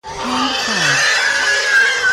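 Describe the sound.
Pig giving a loud, harsh, sustained scream lasting about two seconds.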